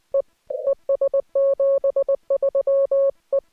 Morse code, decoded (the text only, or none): E ES 73 E